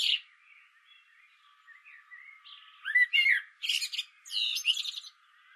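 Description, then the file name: Common blackbird singing soft, low warbled notes that build into loud bursts of shrill, chattering twitter near the end. "Turdus merula"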